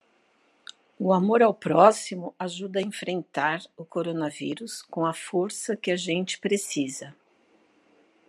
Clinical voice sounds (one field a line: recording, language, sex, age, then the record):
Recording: spoken sentence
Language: Brazilian Portuguese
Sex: female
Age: 50 to 59 years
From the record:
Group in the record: control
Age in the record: 53 years